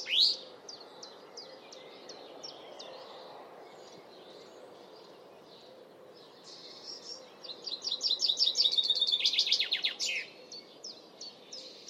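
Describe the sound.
Bird song: a sharp upslurred note, then soft repeated high chirps, building to a fast dense trill of descending notes.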